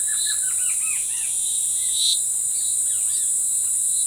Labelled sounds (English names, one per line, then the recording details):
Black-crested Antshrike
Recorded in forest near Pivijay, Magdalena, Colombia, on 16 April 2023 at 10:30
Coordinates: 10.467, -74.380
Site Z5-G034